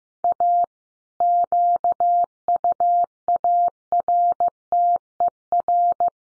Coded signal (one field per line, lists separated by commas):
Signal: Morse code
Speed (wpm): 15 wpm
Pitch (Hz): 700 Hz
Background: none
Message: A QUARTER